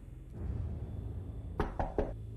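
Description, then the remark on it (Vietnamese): Three sharp knocks on a door in quick succession, evenly spaced, rising over a low steady background rumble. “Sau ba tiếng động gõ cửa phát ra thì trong đó có một giọng nói vang lên.”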